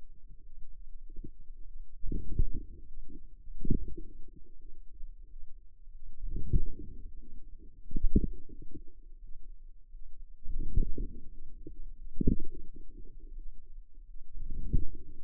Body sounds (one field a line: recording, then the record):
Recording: forearm muscle sounds (acoustic myography)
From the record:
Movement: outward rotation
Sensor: system 2, bracelet of six BSWA MPA416 microphones around the upper forearm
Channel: 3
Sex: female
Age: 23 years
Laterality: right